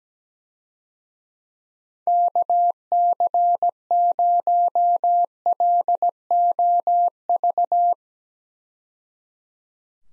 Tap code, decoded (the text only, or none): none